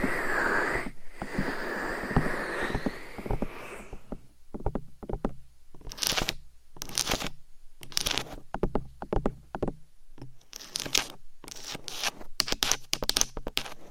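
Scratching and rubbing against a microphone, a dense rough texture for four seconds, then sharp irregular bursts of scraping separated by near-silence.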